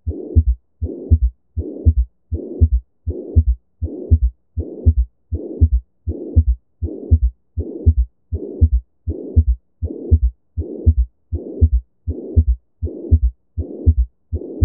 Pansystolic murmur.